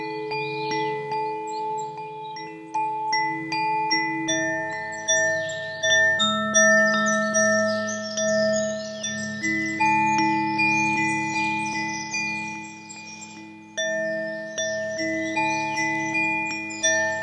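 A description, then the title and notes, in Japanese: Wind chimes ring continuously, with new strikes every second or so layering over long, slowly fading tones. The notes are bright and clear, several sounding at once, with soft lower hums beneath and faint rustling or bird-like chirps high in the background. KOSHI CHIME風鈴。你可以在風鈴的共鳴管內部看見八根精準校音的含銀音柱焊接在金屬共振盤上。由G、C、E、F、G、C、E、G調所組成。不到6點的時間就進入森林裡。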